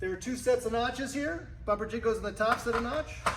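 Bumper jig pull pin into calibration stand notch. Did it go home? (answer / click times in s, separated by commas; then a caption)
no / none. A metal bumper jig with a spring pull pin is handled at the top set of notches on a calibration stand while someone talks. Nothing has seated or clicked yet; the pull pin has not locked the jig into the notch.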